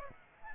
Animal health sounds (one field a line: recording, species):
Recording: mosquito wingbeat signal from an infrared sensor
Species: Aedes aegypti